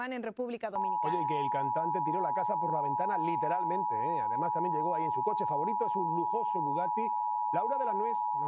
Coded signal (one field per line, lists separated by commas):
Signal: Emergency Alert System (SAME) tones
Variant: 853 and 960 Hz attention tone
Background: speech